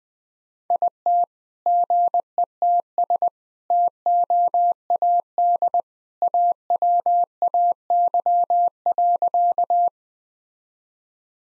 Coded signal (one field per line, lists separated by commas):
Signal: Morse code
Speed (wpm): 20 wpm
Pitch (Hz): 700 Hz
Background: none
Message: IT GETS TOAD AWAY.